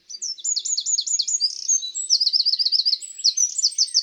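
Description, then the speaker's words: Eurasian Wren song, a long, loud, high-pitched run of rapid repeated notes and trills, strident and continuous throughout. Long, strident song phrase. "La strophe du troglodyte est longue et son chant strident."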